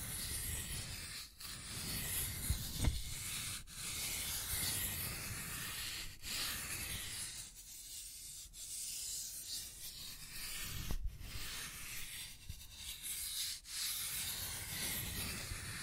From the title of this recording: Scratching and Tracing Sounds